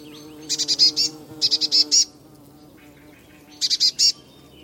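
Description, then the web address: Eurasian blue tit uttering three rapid bursts of buzzy, chattering high notes, the first two close together, the last after a pause, over faint low hum. "Deverinetal 2025 File origin Bird Only Cy Ca"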